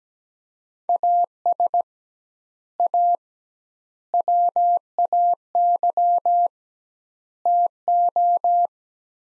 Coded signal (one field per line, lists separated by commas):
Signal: Morse code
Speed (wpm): 17 wpm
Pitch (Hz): 700 Hz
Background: none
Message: AS A WAY TO